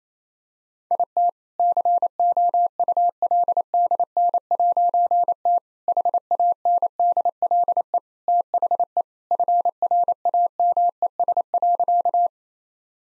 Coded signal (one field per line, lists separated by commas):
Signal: Morse code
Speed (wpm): 27 wpm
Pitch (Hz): 700 Hz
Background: none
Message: IT COULDN'T HANDLE THE FRAMES.